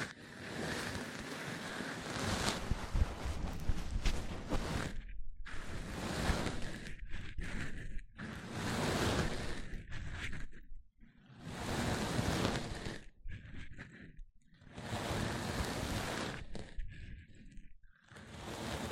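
Mic-on-mic rubbing and brushing, heard as dense, rushing swooshes that sound a lot like surf or wind. The scratchy bursts come in long waves of about two to three seconds, separated by short near-silent gaps, with a steady low rumble underneath.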